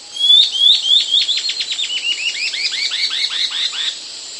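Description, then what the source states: White-cheeked antbird song: a quick series of many whistled notes, starting high and sharp, then steadily dropping in pitch and turning slurred, over a steady high background hiss. South America.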